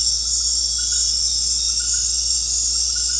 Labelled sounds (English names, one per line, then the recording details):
none
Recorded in secondary vegetation near Puerto Asís, Putumayo, Colombia, on 13 March 2025 at 19:00
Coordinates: 0.484, -76.319
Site G010